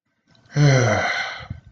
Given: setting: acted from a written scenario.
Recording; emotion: vocal sound without words; serenity